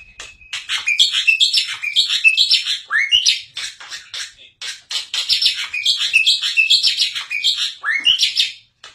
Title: Kicauan Rapat Jalak Putih Gacor Banyak Variasi Untuk Masteran